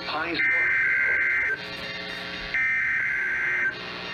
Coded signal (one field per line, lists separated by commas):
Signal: Emergency Alert System (SAME) tones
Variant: header bursts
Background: speech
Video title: South Dakota mocks Tennessee... EAS Alerts from 9/2/2020-9/30/2020 (EAS #383-391)